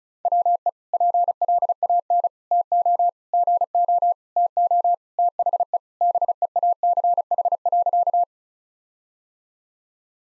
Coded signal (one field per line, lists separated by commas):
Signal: Morse code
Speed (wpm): 34 wpm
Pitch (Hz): 700 Hz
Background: none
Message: WE PLAN TO GO TO THE BEACH.